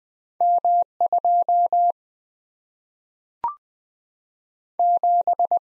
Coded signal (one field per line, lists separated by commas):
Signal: Morse code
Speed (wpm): 20 wpm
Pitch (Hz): 700 Hz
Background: none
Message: M 27